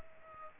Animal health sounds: mosquito wingbeat signal from an infrared sensor; Aedes aegypti

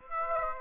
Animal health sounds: mosquito wingbeat signal from an infrared sensor; Aedes aegypti

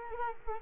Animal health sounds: mosquito wingbeat signal from an infrared sensor; Culex quinquefasciatus

